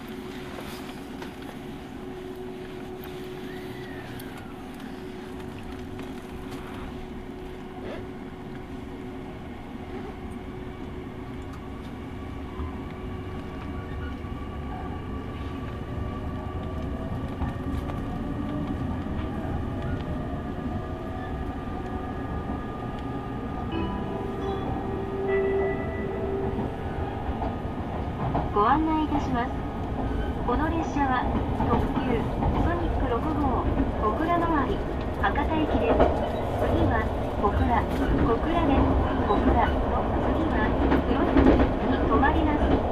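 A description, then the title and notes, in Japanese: A train rumbles steadily with low, dense noise and faint whining tones, growing louder and busier after about 25 seconds with clattering. 耳で楽しむ鉄道旅 日豊本線特急ソニック6号 柳ヶ浦→小倉。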